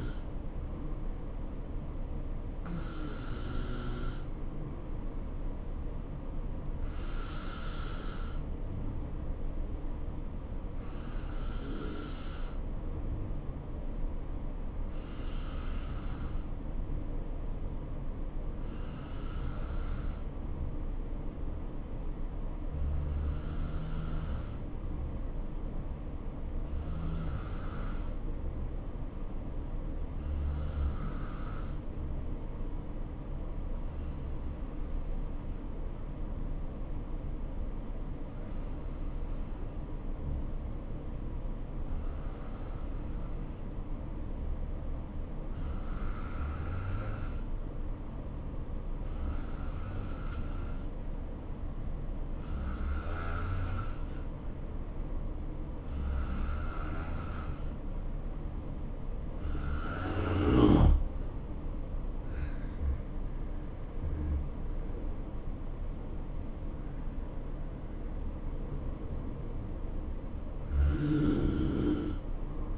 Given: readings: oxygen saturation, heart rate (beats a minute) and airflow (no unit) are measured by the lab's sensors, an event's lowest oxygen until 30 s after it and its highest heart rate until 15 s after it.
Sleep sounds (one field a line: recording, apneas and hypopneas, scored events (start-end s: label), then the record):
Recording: breathing in sleep by a smartphone at the bedside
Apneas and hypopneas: 1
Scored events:
26.00-62.00 s: hypopnea (N2, oxygen 93% highest, then 89% lowest, heart rate 65 at the start, 68 highest)
52.00-72.78 s: new sleep stage, N1 (lightest sleep)
From the record:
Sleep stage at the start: N2 (light sleep)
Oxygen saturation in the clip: 88 to 93%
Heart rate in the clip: 59 to 69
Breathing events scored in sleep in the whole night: 277 in 7.4 hours asleep